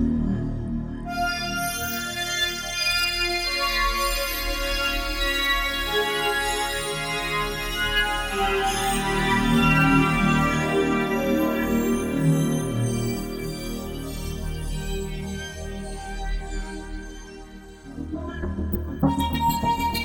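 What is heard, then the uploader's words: Re-synthesized waterphone tones ring in dense, shimmering layers, swelling mid-clip, thinning near eighteen seconds, then a brief bright return. Demo for a single patch from the sound library Elevation for Icarus available on patchpool.net - made from/with re-synthesized waterphone sounds.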